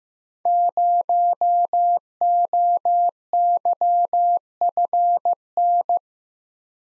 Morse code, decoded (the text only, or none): 0OYFN